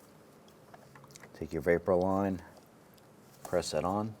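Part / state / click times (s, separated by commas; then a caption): evap vapor line quick connector onto intake port / not seated / none. Someone talks while handling the plastic quick connector of the evap vapor line on a 2006-2013 Chevrolet Impala, getting ready to press it onto its port on the throttle body and intake. A few faint, light taps are heard early on. Nothing has seated or clicked yet.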